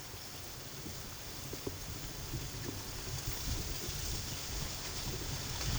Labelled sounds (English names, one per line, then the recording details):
none
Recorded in pastures near Puerto Asís, Putumayo, Colombia, on 8 March 2025 at 13:00
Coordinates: 0.487, -76.322
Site G077